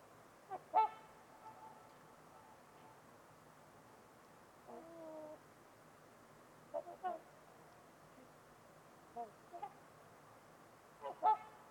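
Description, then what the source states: Trumpeter swans honking at irregular intervals, loud nasal trumpets at start and end with softer, drawn-out notes between, over constant low hiss. Trumpeter swans on a winter's eve at Winters Lake in a deep, silent valley.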